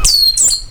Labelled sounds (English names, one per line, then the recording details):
Stitchbird song
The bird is a male
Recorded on Tiritiri Matangi Island, New Zealand, in 2005
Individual 22, of nest box 31